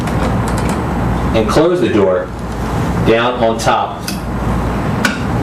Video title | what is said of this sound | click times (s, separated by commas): Piezotome II LED - хирургический аппарат (физиодиспенсер) со светом - Satelec Acteon Group (Франция) | you hear a click once you hear that click and the door is flush with the device you know it's properly installed and ready to use | 5.1 s